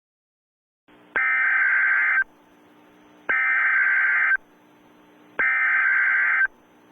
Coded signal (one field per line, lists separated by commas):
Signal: Emergency Alert System (SAME) tones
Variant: header bursts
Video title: EAS Mock: PDS Severe Thunderstorm Watch for counties in DE/MD/NJ/PA